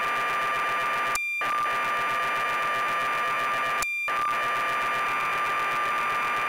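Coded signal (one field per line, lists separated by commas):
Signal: computer data on cassette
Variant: BBC Micro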